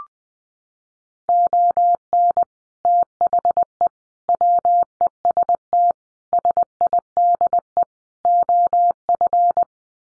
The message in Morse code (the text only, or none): ON THE WEST SIDE OF